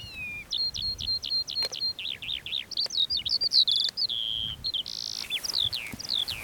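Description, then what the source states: Lark song of repeated clipped whistles, then faster slurred chirps and a brief buzzy burst, with a soft click or two in the background. Perched on a post; recorded 19 June 2021 at 09:48.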